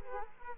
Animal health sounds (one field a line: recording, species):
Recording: mosquito wingbeat signal from an infrared sensor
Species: Culex quinquefasciatus